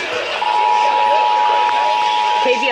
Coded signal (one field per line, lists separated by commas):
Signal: Emergency Alert System (SAME) tones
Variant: 853 and 960 Hz attention tone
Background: speech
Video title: NATIONAL EAS TEST 2019! Broadcast Radio and TV EAS: National Periodic Test (EAS #152-168)